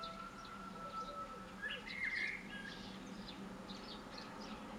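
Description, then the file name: Common blackbird phrase, one short fluted warble around two seconds, with a steady low hum and faint high chirps behind. "Turdus merula"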